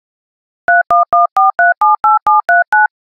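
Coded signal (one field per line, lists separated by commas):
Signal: DTMF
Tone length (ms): 160 ms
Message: 3114378739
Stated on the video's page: Modem and dialer sounds from a software simulator of the WOPR and IMSAI 8080 computers in the 1983 film Wargames.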